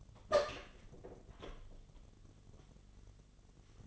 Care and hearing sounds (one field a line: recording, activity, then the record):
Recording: daily activity, microphone in the room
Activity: open door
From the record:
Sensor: 4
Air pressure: 1007.9 hPa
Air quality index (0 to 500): 187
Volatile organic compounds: 6 ppm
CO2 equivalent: 1875 ppm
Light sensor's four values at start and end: 24/75/28/28 and 23/73/27/27